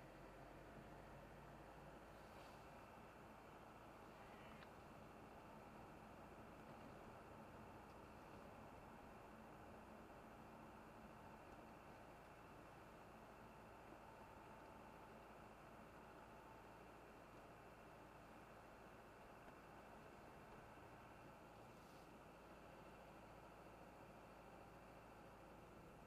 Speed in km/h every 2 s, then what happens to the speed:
40, 41, 41, 41, 41, 41, 41, 41, 41, 41, 40, 40, 37.
0-26 steady at about 41.